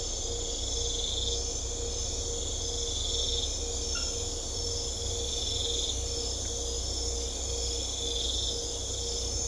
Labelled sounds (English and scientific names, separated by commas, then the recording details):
none
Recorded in secondary vegetation near Puerto Asís, Putumayo, Colombia, on 21 December 2024 at 00:30
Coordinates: 0.500, -76.326
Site G065